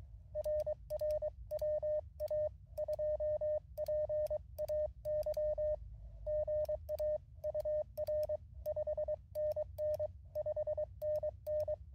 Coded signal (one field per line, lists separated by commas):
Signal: Morse code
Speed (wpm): 23 wpm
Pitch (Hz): 610 Hz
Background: radio noise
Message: RR WA2PAY GA UR 5NN 5NN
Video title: QRP CW POTA at K-5221 with the MTR-4B and lousy band conditions